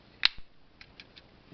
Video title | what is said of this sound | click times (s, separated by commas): Transformers Titans Return Misfire review by Jazzy | make sure that snapped into place there | 0.2 s